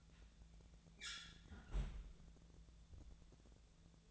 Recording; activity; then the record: daily activity, microphone in the room; close fridge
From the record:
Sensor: 3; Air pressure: 1000.0 hPa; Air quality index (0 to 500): 132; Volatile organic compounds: 2 ppm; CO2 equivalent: 1174 ppm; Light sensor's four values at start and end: 42/108/46/50 and 42/108/46/50